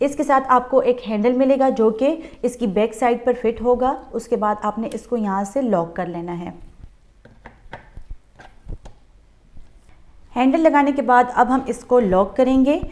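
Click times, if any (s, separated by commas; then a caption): none. Someone talks while a plastic handle is fitted onto the back of a Master Chef vegetable cutter, ahead of locking it by pressing firmly on the lock. In a quieter gap around 7.2–8.9 s, a few faint, brief handling knocks are heard. Nothing has locked or clicked into place yet.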